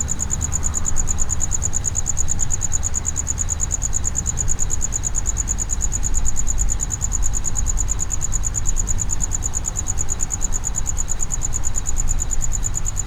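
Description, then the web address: Cricket chirping in a steady, high, rapidly pulsed trill that runs unbroken throughout, over a constant low rumble of background noise. Cricket inside a plastic distribution box at Jászberény Zoo, recorded in 2016; a relatively clean recording. "jaszberenyizoo 2016 tucsok muanyagelosztodobozban viszonylagtiszta"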